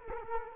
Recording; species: mosquito wingbeat signal from an infrared sensor; Culex quinquefasciatus